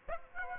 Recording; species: mosquito wingbeat signal from an infrared sensor; Aedes aegypti